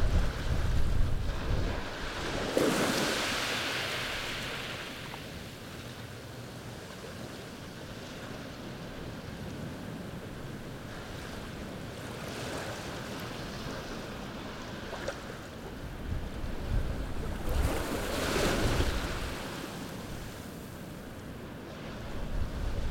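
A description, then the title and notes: Waves crash on a beach in a steady, roaring wash of surf. Louder bright bursts of breaking water come near the start, around two to three seconds, and again around eighteen seconds, with a low rumble underneath and a swell at the very end. Natural Soundscape - Crashing Waves. Black Sand Beach Depoe Bay, OR.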